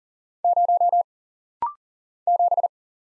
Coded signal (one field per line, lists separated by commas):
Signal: Morse code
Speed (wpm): 39 wpm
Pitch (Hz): 700 Hz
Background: none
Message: 0 7